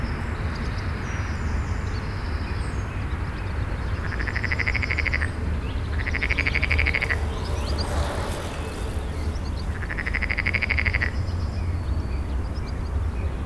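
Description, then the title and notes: Frog calling in rattling bursts, three main bursts of about a second each, against constant low road noise and a brief passing sound midway. Single frog singing beside a busy road near Rønne, Denmark, with traffic and a passing bicycle; recorded on a handheld recorder with internal microphones. "Frog and traffic. Åkirkebyvej 163, 3700 Rønne, Denmark. A frog singing next to busy road. A bicycle is passing next to the recorder"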